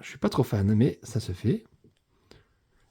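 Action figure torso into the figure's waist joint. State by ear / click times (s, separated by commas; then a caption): seated / 2.3 s. A plastic action figure torso, previously unclipped, is pushed back onto the figure's waist joint. Someone talks for about the first 1.6 seconds, then a faint tick comes at 2.0 seconds and a sharp click at 2.3 seconds as the torso clips back in place without problem.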